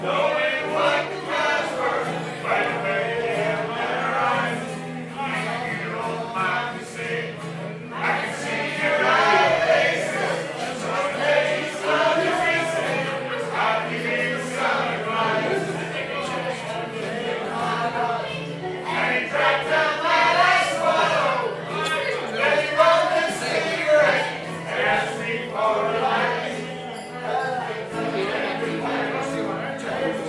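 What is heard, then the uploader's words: A pub sing-along in Ireland: many voices sing together in a steady, dense stream, with wavering sustained notes throughout. A low steady hum runs underneath the whole time, and the level stays fairly even for the thirty seconds, with slight swells around the middle and later on. Irish Sing Along at Tigh Ruairi, Inis Oirr, Ireland. Tigh Ruairi (Rory's Pub) Bed & Breakfast, Inis Oirr, Aran Islands Inis Oírr, Aran Islands, Co Galway, Ireland.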